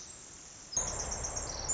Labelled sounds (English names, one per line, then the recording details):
Pacific Wren
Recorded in Sonoma County, California